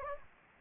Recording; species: mosquito wingbeat signal from an infrared sensor; Anopheles gambiae